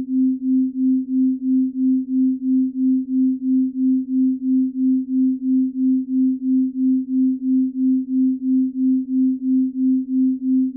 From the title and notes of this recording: 3 Hz Delta Binaural Beats _ Pure Delta Waves.